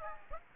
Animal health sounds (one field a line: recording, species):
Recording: mosquito wingbeat signal from an infrared sensor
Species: Aedes aegypti